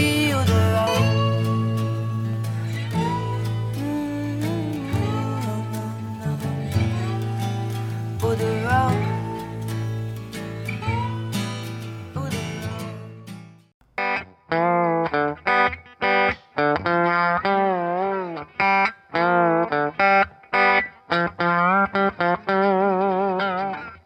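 A distorted rock band passage gives way to a solo slide guitar riff, its notes gliding and wavering in pitch across short, repeated phrases, loud and bright with no voices.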